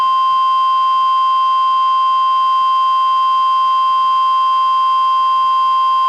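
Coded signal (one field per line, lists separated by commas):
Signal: Emergency Alert System (SAME) tones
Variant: 1050 Hz attention tone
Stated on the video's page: Weekly test issued by the weather service and relayed by a NOAA Weather Radio station, recorded from a Reecom R-1630 weather radio through a Zoom H1 recorder.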